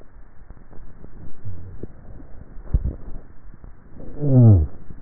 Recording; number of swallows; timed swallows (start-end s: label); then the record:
swallowing sounds by neck microphone; 1
2.45-3.05 s: swallow
From the record:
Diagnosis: dysphagia